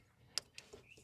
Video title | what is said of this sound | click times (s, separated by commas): Honda HR-V LED Headlights Install FAHREN Super Bright 6500K LEDs 2019-2022 | and just plug it in, and it's going to click into place | 0.4 s